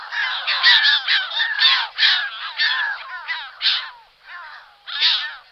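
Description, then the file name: Audouin's gull giving harsh, nasal calls in rapid, uneven bursts, with a longer drawn-out note near the end. "Racek Audouinuv Larus audouinii"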